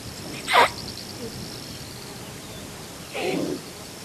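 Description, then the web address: Thomson's gazelle with a sharp, hissing snort, then a softer, lower breathy puff about three seconds later. "earth naturelibrary assets t th thomsons gazelle"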